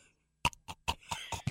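Rapid series of about six short, sharp cough bursts within 1.5 seconds; an adult's cough that has lasted for years.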